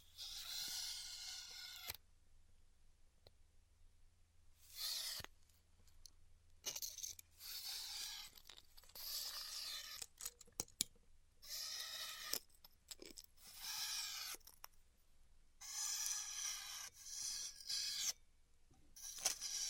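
Styrofoam being cut with a hot tool, heard as repeated bursts of bright, hissing crackle that each last about one to two seconds. The bursts come irregularly through the clip, separated by near-silent gaps with occasional small clicks and a faint low hum underneath.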